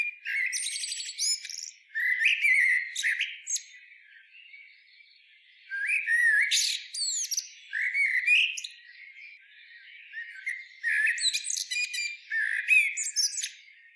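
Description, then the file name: Common blackbird delivering repeated song phrases, each a mellow warble closing with squeaky high flourishes, separated by pauses of a second or two. "Turdus merula"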